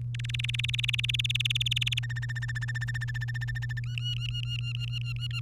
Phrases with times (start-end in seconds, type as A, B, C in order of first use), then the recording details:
0.14-1.99 A, 2.03-3.80 B, 3.84-5.40 C. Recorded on 3 May 2018 at 12:10. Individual llb3